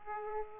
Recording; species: mosquito wingbeat signal from an infrared sensor; Aedes aegypti